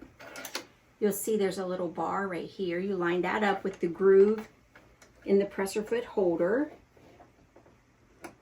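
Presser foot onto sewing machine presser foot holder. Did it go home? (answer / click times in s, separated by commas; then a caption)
no / none. A metal snap-on presser foot is handled at the presser foot holder of a Janome easy-to-use sewing machine, its little bar being lined up with the groove in the holder while someone talks. Faint ticks of handling are heard at about 0.5 s and 8.2 s. The clip ends before the lever is lowered, so the foot has not yet snapped or seated.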